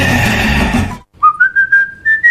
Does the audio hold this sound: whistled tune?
yes